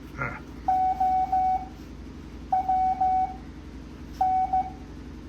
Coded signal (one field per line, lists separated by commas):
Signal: Morse code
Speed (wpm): 15 wpm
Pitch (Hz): 750 Hz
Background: none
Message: OWN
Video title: Morse code practice at 7.5 words a minute